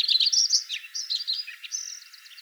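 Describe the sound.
Lincoln's sparrow singing a brief, hurried run of high gurgling, trilled notes that fade toward the end.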